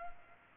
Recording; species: mosquito wingbeat signal from an infrared sensor; Culex pipiens